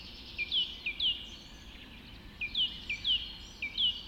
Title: Just After Dawn Chorus Forest Of Dean